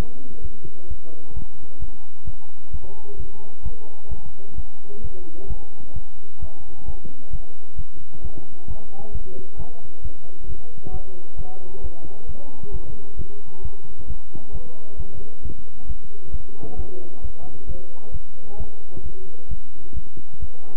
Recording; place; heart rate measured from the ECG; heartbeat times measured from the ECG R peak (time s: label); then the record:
heart sounds by stethoscope; between the tricuspid and mitral areas; 132 bpm
0.42 s: heartbeat
0.88 s: heartbeat
1.34 s: heartbeat
1.80 s: heartbeat
2.25 s: heartbeat
2.71 s: heartbeat
3.17 s: heartbeat
3.63 s: heartbeat
4.09 s: heartbeat
4.56 s: heartbeat
5.02 s: heartbeat
5.48 s: heartbeat
5.94 s: heartbeat
6.40 s: heartbeat
6.86 s: heartbeat
7.31 s: heartbeat
7.76 s: heartbeat
8.22 s: heartbeat
8.68 s: heartbeat
9.12 s: heartbeat
9.57 s: heartbeat
10.02 s: heartbeat
10.47 s: heartbeat
10.92 s: heartbeat
11.36 s: heartbeat
11.82 s: heartbeat
12.27 s: heartbeat
12.72 s: heartbeat
13.17 s: heartbeat
13.63 s: heartbeat
14.08 s: heartbeat
14.52 s: heartbeat
14.97 s: heartbeat
15.43 s: heartbeat
15.87 s: heartbeat
16.32 s: heartbeat
16.77 s: heartbeat
17.22 s: heartbeat
17.67 s: heartbeat
18.12 s: heartbeat
18.58 s: heartbeat
19.03 s: heartbeat
19.49 s: heartbeat
19.94 s: heartbeat
20.40 s: heartbeat
From the record:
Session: bicycle stress test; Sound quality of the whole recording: good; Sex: male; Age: 23 years